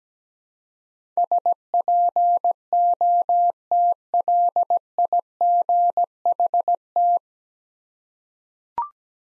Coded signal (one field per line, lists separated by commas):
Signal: Morse code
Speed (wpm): 17 wpm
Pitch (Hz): 700 Hz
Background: none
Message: SPOTLIGHT